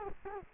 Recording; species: mosquito wingbeat signal from an infrared sensor; Culex quinquefasciatus